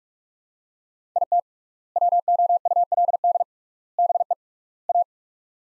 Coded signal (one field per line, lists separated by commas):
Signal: Morse code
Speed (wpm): 46 wpm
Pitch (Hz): 700 Hz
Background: none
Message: IT WOULD BE A